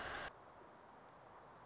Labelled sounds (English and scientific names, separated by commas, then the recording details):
Wilson's Warbler (Cardellina pusilla)
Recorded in Sonoma County, California